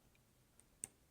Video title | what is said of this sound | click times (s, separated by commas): Flint MTL Kit by GeekVape, JayBo Breakdown | I will say on the way back, you've really got to commit to pushing it. And you can actually hear it click if you listen close enough. | 0.8 s